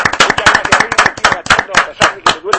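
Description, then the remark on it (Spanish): A small group applauds with a brisk, steady patter of loud, sharp handclaps that keeps going for a few seconds without letting up. “este aplauso es para ti, naturalmente, de todos nosotros.”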